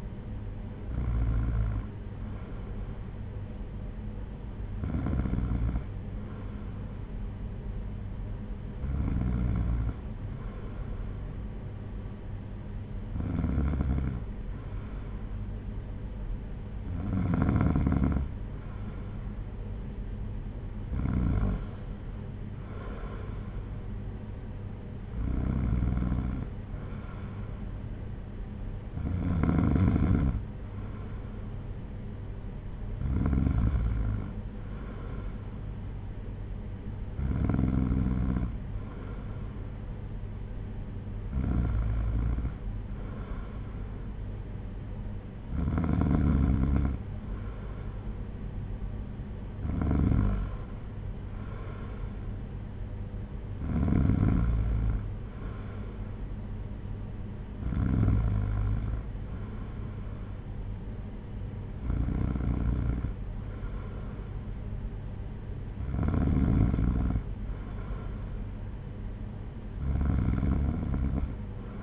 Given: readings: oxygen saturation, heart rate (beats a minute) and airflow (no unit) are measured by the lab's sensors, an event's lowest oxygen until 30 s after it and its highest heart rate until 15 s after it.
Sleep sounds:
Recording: breathing in sleep by a smartphone at the bedside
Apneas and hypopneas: none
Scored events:
none scored
From the record:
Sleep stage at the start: N2 (light sleep)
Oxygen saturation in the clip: 93 to 94%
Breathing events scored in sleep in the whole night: 226 in 8.8 hours asleep

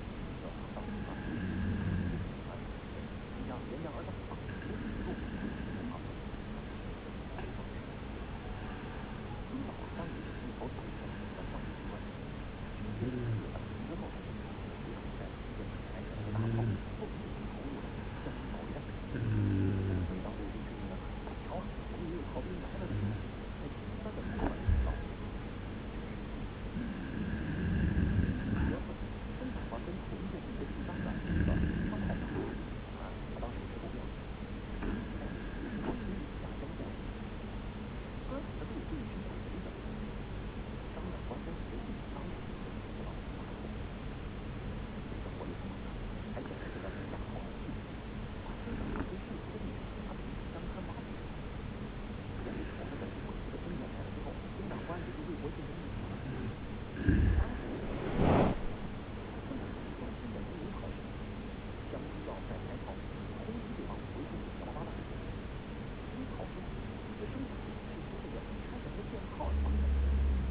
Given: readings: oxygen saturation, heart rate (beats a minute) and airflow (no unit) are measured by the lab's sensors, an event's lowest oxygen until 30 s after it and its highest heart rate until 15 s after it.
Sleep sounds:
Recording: breathing in sleep by a voice recorder at the bedside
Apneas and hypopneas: 2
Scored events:
3.00-23.50 s: hypopnea (N2, oxygen 96% highest, then 93% lowest)
38.00-57.50 s: hypopnea (N2, oxygen 95% highest, then 91% lowest)
55.00-70.51 s: new sleep stage, N1 (lightest sleep)
From the record:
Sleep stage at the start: N2 (light sleep)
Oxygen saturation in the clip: 91 to 96%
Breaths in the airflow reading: 20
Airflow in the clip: -2.1 to 2.9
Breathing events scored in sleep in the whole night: 335 in 6.7 hours asleep

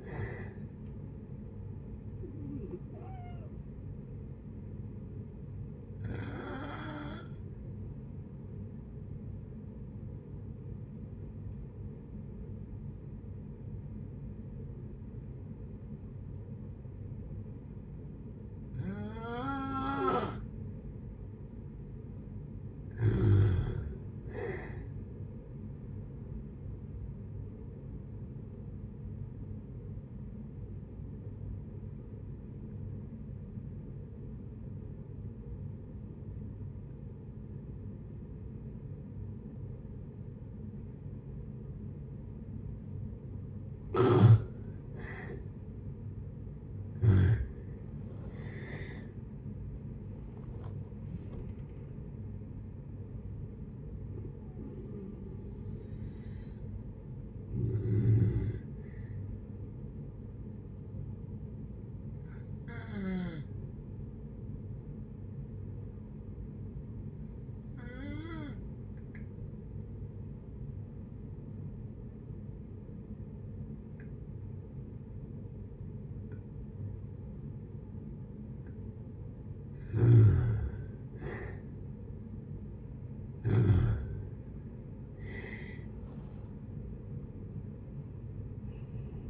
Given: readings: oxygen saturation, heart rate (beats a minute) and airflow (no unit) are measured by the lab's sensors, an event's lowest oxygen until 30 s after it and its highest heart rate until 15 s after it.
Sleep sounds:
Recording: breathing in sleep by a smartphone at the bedside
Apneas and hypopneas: 3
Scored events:
3.00-21.00 s: hypopnea (N1, oxygen 93% highest, then 88% lowest, heart rate 72 at the start, 72 highest)
18.00-48.00 s: new sleep stage, N2 (light sleep)
30.00-44.90 s: obstructive apnea (N2, oxygen 92% highest, then 83% lowest, heart rate 66 at the start, 79 highest)
48.00-89.30 s: new sleep stage, N1 (lightest sleep)
61.00-81.40 s: hypopnea (N1, oxygen 96% highest, then 83% lowest, heart rate 61 at the start, 82 highest)
From the record:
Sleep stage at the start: N1 (lightest sleep)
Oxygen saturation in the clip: 80 to 96%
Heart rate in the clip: 57 to 79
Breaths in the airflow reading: 12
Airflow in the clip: -11.7 to 15.6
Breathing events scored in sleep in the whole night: 496 in 5.4 hours asleep

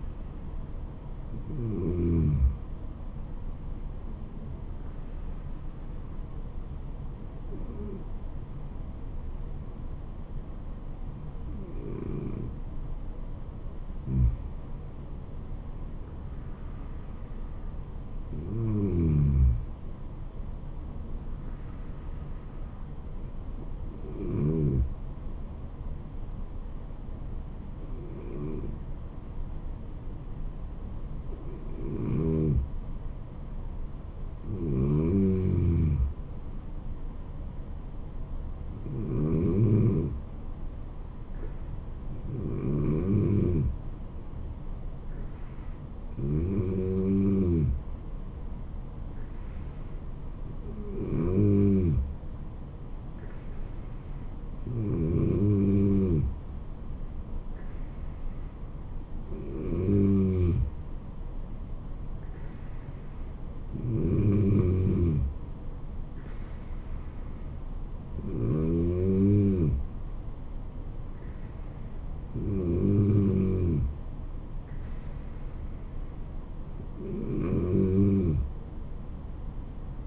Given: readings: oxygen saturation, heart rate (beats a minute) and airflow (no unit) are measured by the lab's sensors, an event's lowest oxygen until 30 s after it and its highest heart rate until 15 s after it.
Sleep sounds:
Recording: breathing in sleep by a smartphone at the bedside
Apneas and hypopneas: 1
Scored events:
8.00-33.50 s: hypopnea (N2, oxygen 96% highest, then 93% lowest, heart rate 72 at the start, 77 highest)
From the record:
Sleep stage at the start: N2 (light sleep)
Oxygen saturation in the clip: 92 to 96%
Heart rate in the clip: 69 to 77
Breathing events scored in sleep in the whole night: 426 in 7.4 hours asleep

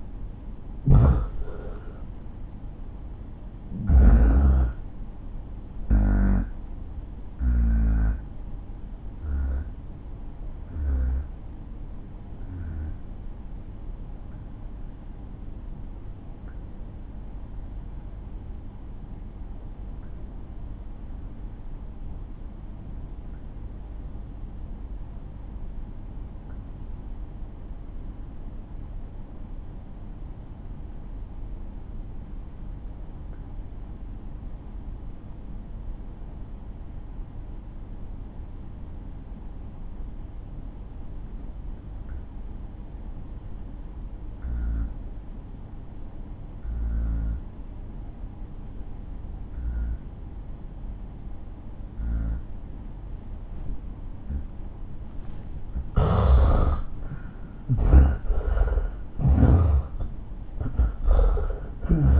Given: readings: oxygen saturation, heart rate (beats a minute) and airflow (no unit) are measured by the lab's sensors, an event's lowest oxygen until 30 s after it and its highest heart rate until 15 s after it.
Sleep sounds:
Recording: breathing in sleep by a smartphone at the bedside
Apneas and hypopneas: 1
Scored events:
3.00-52.80 s: hypopnea (N1, oxygen 96% highest, then 80% lowest)
18.00-48.00 s: new sleep stage, N2 (light sleep)
48.00-62.20 s: new sleep stage, N1 (lightest sleep)
From the record:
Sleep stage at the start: N1 (lightest sleep)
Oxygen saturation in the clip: 82 to 96%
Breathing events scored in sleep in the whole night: 217 in 6.3 hours asleep

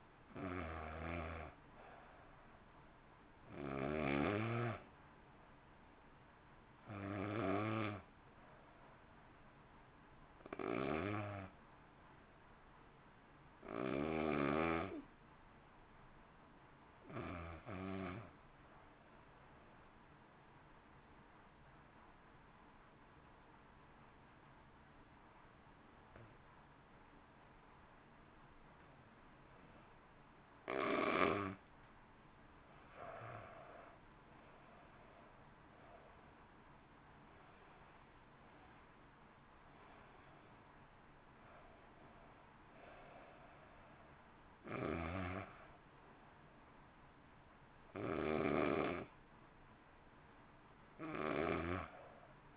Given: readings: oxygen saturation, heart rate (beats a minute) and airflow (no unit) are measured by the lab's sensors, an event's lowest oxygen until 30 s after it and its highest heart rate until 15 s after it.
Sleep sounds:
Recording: breathing in sleep by a voice recorder at the bedside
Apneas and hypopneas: 1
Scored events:
16.00-34.30 s: hypopnea (N2, oxygen 95% highest, then 86% lowest, heart rate 51 at the start, 62 highest)
From the record:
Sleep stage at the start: N2 (light sleep)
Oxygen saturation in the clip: 86 to 95%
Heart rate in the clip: 50 to 64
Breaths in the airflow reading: 17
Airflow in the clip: -1.5 to 1.5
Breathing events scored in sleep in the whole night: 328 in 6.3 hours asleep

